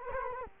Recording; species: mosquito wingbeat signal from an infrared sensor; Culex quinquefasciatus